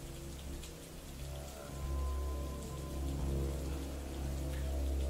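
Steady rain patters continuously over a low, droning rumble, with no voices and a fairly even, moderate loudness throughout.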